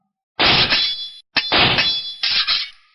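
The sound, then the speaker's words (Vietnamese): Metallic clanging of strange blades striking an eagle's feathers and bouncing back, a loud, chaotic clatter in three dense bursts, each ringing with bright high overtones, the last one trailing off into scattered clinks. No voices. “Sau một trận đinh len keng loạn hưởng, tất cả quái nhận kích lên lông vũ của đại bàng đều bắn ngược trở lại.”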